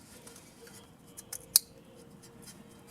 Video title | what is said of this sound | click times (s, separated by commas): How to Replace Front or Rear Struts in your Car or Truck | heard the click | 1.6 s